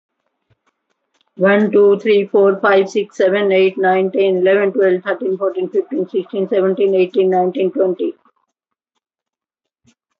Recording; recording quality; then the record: counting at a fast pace; excellent, no background noise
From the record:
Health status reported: healthy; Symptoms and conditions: none ticked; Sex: female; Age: 58 years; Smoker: not ticked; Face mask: not worn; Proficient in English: yes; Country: India